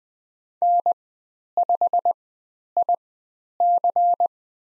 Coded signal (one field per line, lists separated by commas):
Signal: Morse code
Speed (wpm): 20 wpm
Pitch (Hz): 700 Hz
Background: none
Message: N5IC